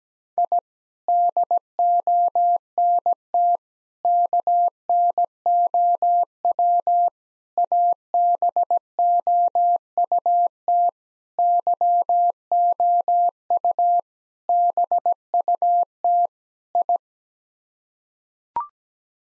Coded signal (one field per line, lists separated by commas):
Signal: Morse code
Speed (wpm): 17 wpm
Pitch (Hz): 700 Hz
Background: none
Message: I DONT KNOW ABOUT YOU BUT I